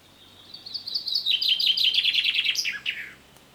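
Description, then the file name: Common chaffinch song: thin opening notes build into a fast rattling descent that ends with an abrupt flourish. "Fringilla coelebs"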